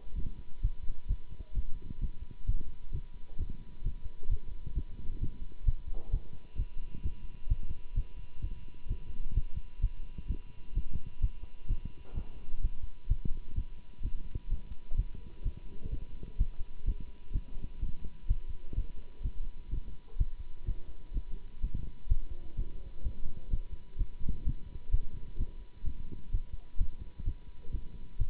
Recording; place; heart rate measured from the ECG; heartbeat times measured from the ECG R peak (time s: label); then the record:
heart sounds by stethoscope; between the tricuspid and mitral areas; 128 bpm
0.16 s: heartbeat
0.62 s: heartbeat
1.08 s: heartbeat
1.54 s: heartbeat
2.00 s: heartbeat
2.46 s: heartbeat
2.92 s: heartbeat
3.38 s: heartbeat
3.83 s: heartbeat
4.29 s: heartbeat
4.74 s: heartbeat
5.20 s: heartbeat
5.65 s: heartbeat
6.11 s: heartbeat
6.57 s: heartbeat
7.02 s: heartbeat
7.48 s: heartbeat
7.95 s: heartbeat
8.41 s: heartbeat
8.88 s: heartbeat
9.34 s: heartbeat
9.81 s: heartbeat
10.27 s: heartbeat
10.74 s: heartbeat
11.21 s: heartbeat
11.68 s: heartbeat
12.14 s: heartbeat
12.61 s: heartbeat
13.08 s: heartbeat
13.55 s: heartbeat
14.02 s: heartbeat
14.49 s: heartbeat
14.96 s: heartbeat
15.43 s: heartbeat
15.90 s: heartbeat
16.38 s: heartbeat
16.85 s: heartbeat
17.32 s: heartbeat
17.80 s: heartbeat
18.27 s: heartbeat
18.75 s: heartbeat
19.22 s: heartbeat
19.70 s: heartbeat
20.18 s: heartbeat
20.65 s: heartbeat
21.13 s: heartbeat
21.61 s: heartbeat
22.08 s: heartbeat
22.56 s: heartbeat
23.03 s: heartbeat
23.50 s: heartbeat
23.97 s: heartbeat
24.44 s: heartbeat
24.91 s: heartbeat
25.37 s: heartbeat
25.84 s: heartbeat
26.31 s: heartbeat
26.78 s: heartbeat
27.24 s: heartbeat
27.71 s: heartbeat
28.18 s: heartbeat
From the record:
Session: Bruce protocol treadmill stress test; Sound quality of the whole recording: good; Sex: male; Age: 24 years